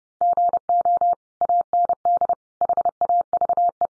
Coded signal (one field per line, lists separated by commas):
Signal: Morse code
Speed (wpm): 30 wpm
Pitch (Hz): 700 Hz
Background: none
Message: GO AND HAVE